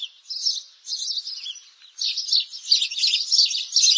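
Sparrow chirping, softer and scattered at first, then a louder, denser run of quick overlapping chirps through the second half.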